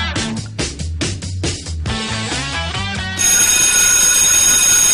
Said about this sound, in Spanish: Ahí está el timbre. Empezó.